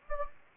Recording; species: mosquito wingbeat signal from an infrared sensor; Anopheles gambiae